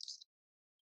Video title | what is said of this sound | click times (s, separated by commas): How to build a 3x2 C&C Cage for Guinea Pigs with Stand. Loft, Lid, Ramp | nice little click to securely place it so | 0.0 s